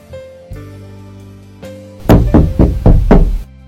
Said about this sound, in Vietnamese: Tiếng đập cửa vang lên.